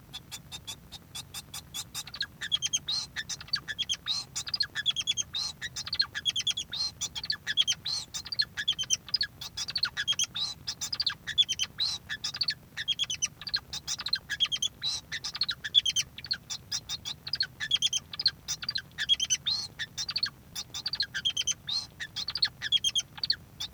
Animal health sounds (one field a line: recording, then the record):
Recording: song of a male Bengalese finch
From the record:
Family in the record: son of father 2